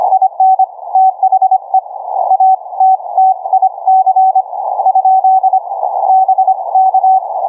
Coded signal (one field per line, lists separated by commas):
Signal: Morse code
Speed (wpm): 25 wpm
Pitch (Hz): 760 Hz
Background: none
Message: IN THE ATTIC ? BK